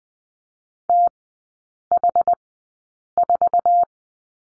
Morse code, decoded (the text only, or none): TH4